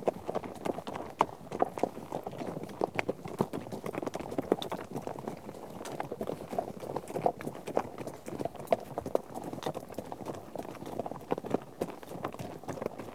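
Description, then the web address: Horse hooves thudding and clopping in a steady, crowded patter as several animals move together, the beats overlapping without pause. Herd of horses out on trek. "BBC Sound Effects Library - Horses Herd of horses out on trek"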